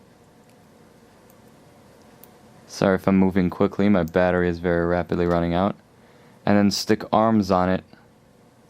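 Plastic toy-brick arms are being handled and pressed onto the body of a toy-brick model while someone talks over a faint background hiss. The clip ends before the arms go home, so nothing has seated or clicked yet.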